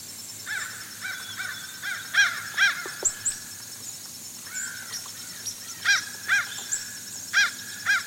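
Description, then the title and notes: Fish crow calls: short nasal arched caws in loose series, loudest around two, six and seven seconds, over steady high insect buzzing. Fish crows, inquisitive, calling to each other, Outer Banks; insects calling nearby. "Fish crows become inquisitive and call to each other"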